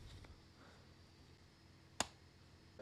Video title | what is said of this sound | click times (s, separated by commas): The Most INEXPENSIVE Hot Swappable Battery Solution | I don't even know what's clicking cuz I can't see in there and there aren't any visible notches on this but something in there | 2.0 s